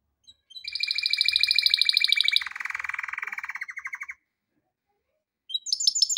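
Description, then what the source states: Canary song: a steady buzzy trill drops into a lower rolling trill and stops, followed by silence and a brief high trill. For training canaries.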